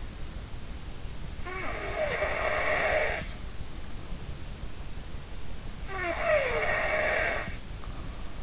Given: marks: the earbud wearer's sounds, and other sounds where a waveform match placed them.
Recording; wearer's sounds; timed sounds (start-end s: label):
sounds in sleep by an in-ear microphone; snoring breath
1.40-3.31 s: snoring breath
5.88-8.43 s: snoring breath